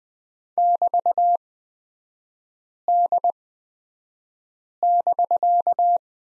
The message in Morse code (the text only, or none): <BT>D<BK>